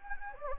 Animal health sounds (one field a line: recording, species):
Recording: mosquito wingbeat signal from an infrared sensor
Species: Anopheles gambiae